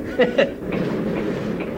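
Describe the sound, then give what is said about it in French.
Archive recording of a miller's mill machinery running at a good pace, clacking rhythmically: two sharp ticks up front followed by softer regular knocks at an even pace over a steady mechanical rumble. “Quand ça va à bon train, on entend le tic-tac, tic-tac, tic-tac. Ça bat la mesure, ça invite à chanter.”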